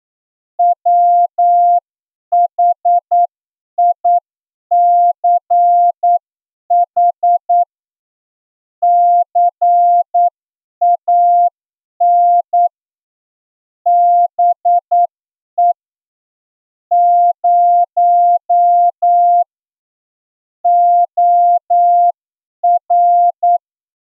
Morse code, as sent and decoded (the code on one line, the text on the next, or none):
.-- .... .. -.-. .... / -.-. .- -. / -... . / ----- / --- .-.
WHICH CAN BE 0 OR